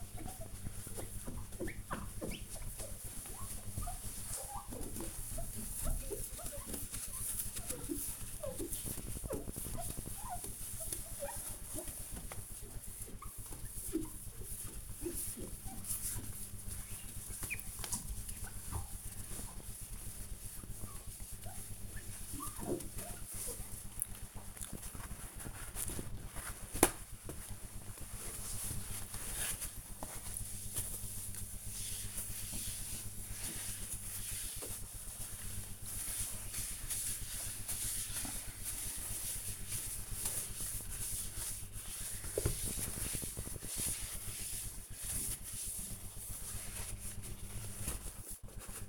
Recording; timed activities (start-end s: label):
household activities, microphone on the right wrist
0.00-48.89 s: window cleaning